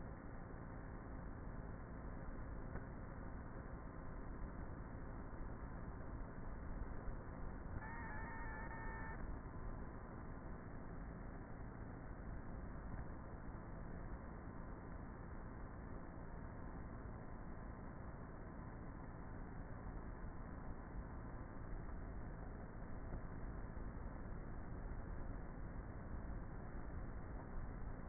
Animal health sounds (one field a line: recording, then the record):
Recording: honeybee colony, microphone inside the hive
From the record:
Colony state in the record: queenless with a low population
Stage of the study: before two queens were removed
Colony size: about 30,000 bees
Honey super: no